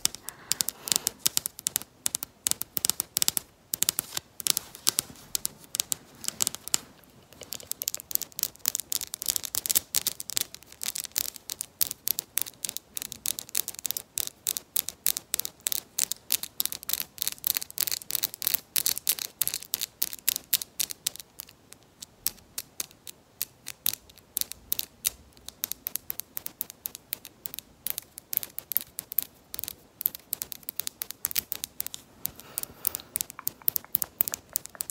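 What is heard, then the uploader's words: Rapid fingernail tapping on a camera, dense clicky taps with bright edges, continuing throughout, with brief pauses near seven and twenty-two seconds. Nail Tapping, Camera Tapping.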